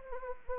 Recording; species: mosquito wingbeat signal from an infrared sensor; Anopheles arabiensis